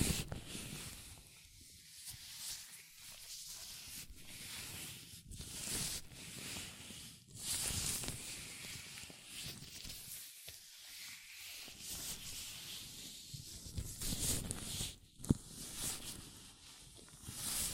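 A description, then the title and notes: Hands in latex gloves rub and stretch with soft hissing, crinkly friction, in uneven bursts, with a sharp snap near fifteen seconds. ASMR Latex Gloves Hand Sounds (No Talking).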